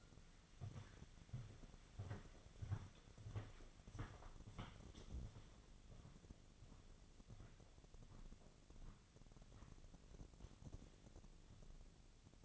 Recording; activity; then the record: daily activity, microphone in the room; walk to room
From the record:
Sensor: 4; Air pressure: 1000.8 hPa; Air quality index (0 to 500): 123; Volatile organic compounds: 1 ppm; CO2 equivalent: 927 ppm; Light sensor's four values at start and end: 46/113/48/53 and 51/127/53/59